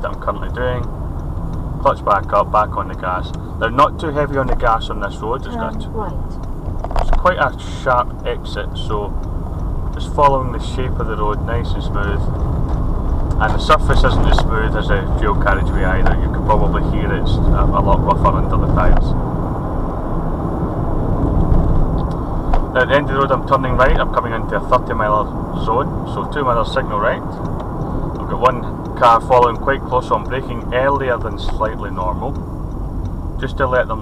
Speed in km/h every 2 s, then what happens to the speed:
31, 31, 29, 29, 29, 29, 31, 32, 39, 48, 53, 53, 55, 50, 47, 39, 31.
0-13 steady at about 29. 13-19 speeds up to 53. 19-24 steady at about 53. 24-34 slows to 31.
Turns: 0-14.